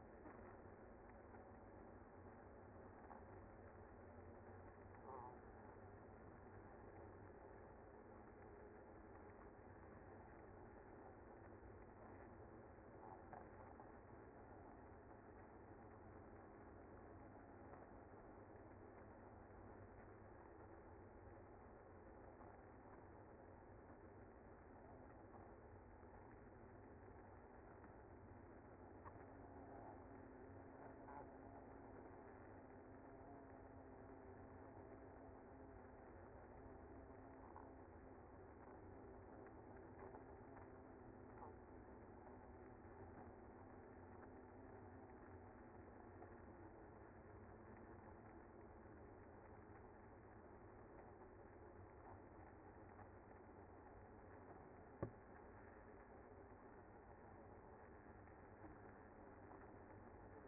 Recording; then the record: honeybee colony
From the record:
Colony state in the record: active